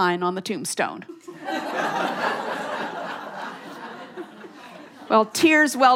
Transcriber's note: laughter